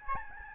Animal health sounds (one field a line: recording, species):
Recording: mosquito wingbeat signal from an infrared sensor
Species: Aedes albopictus